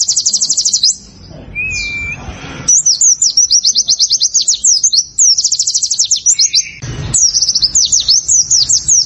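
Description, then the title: Prinia giving rapid high chattering trills, phrases of fast repeated notes interrupted by a single lower steady whistle. "Ciblek Sawah"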